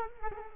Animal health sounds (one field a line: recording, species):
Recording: mosquito wingbeat signal from an infrared sensor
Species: Culex quinquefasciatus